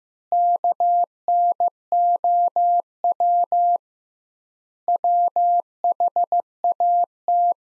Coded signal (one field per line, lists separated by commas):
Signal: Morse code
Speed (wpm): 15 wpm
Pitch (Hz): 700 Hz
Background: none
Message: KNOW WHAT